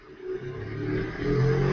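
A car engine revs up and accelerates, its low droning hum rising steadily in pitch and growing louder over a couple of seconds, with no voices.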